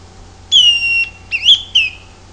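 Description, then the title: Greenish schiffornis song, three clear whistles: a long note easing downward, a wavering upslur, then a shorter descending note, against a soft steady background. "LuckyPassaro Completos2Sama. Greenish Schiffornis (Schiffornis virescens)"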